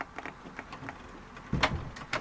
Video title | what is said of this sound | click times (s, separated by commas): How to Build a Liquid Cooled RGB Gaming PC (MSI RTX 5060 Intel i7) - Step by Step Guide | you push it in and you hear a little click when this little pin comes in there and locks it in place | 1.6 s